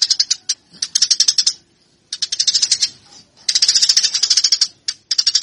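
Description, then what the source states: Eurasian tree sparrow chirps, high harsh bursts of rapid chattering notes broken by short pauses. Fighting call of the tree sparrow, a master track used for training birds.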